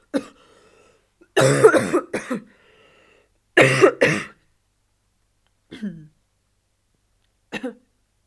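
Several harsh, explosive coughs from an adult come in irregular bursts over about eight seconds: two strong double coughs followed by quieter single ones. A plain cough with no wheeze or crackle heard between the bursts.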